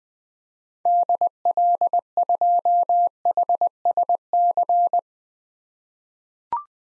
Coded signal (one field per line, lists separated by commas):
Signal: Morse code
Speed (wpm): 20 wpm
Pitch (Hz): 700 Hz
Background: none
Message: DL2HSC